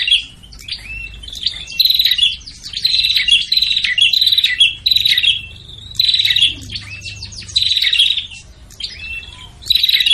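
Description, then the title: Prinia calls: dense series of harsh buzzing trills interleaved with sliding chip notes, bouts of about a second separated by short gaps. Busy, noisy prinia calling used as a lure to attract prinias, including the red-headed prinia and visiting (tamu) prinias. "Suara Prenjak Ribut Buat Pikat Burung Prenjak Kepala Merah Prenjak Tamu"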